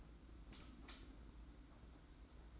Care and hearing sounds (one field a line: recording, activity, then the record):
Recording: daily activity, microphone in the room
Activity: light off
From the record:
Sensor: 3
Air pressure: 991.9 hPa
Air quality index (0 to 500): 224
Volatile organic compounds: 1000 ppm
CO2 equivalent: 7675 ppm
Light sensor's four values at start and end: 25/66/27/24 and 16/39/15/14